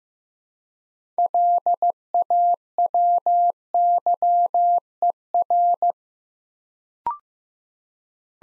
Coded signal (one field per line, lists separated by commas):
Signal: Morse code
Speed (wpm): 15 wpm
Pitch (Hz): 700 Hz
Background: none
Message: LAWYER